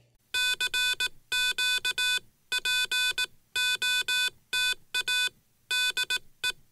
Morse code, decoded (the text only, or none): CQPOTA DE